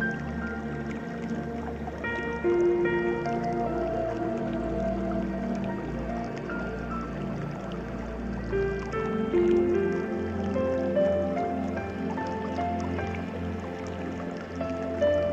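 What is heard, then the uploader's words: Calm music plays over a steady low hum, with slow held tones and a gentle melody stepping through soft, sustained notes. A faint watery texture runs underneath, and the level stays even throughout with only small swells. Peaceful Relaxing Music and Calming Nature Water Sounds.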